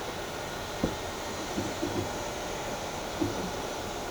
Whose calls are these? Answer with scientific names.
none